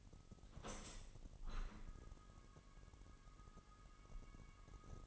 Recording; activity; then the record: daily activity, microphone in the room; open window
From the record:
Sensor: 4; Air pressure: 998.9 hPa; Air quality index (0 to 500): 124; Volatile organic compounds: 2 ppm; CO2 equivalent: 1216 ppm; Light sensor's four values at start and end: 9/21/8/9 and 9/21/8/9